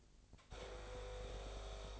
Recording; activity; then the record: daily activity, microphone in the room; make coffee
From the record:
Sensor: 5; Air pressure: 1007.5 hPa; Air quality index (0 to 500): 115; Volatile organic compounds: 1 ppm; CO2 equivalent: 881 ppm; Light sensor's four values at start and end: 28/66/27/28 and 29/67/27/29